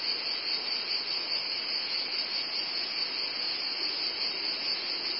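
Cicada chorus: a continuous shrill hiss holding one high pitch at an even loudness throughout.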